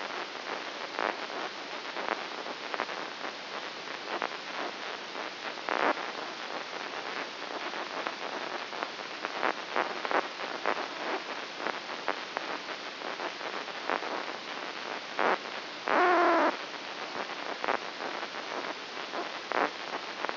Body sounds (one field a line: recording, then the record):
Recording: brain microelectrode recording played as sound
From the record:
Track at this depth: inside the subthalamic nucleus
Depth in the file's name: 2.603 mm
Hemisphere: right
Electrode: 2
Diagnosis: Parkinson's disease